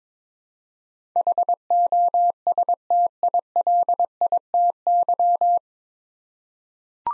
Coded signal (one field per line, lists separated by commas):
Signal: Morse code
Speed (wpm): 22 wpm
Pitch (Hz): 700 Hz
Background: none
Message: HOSTILITY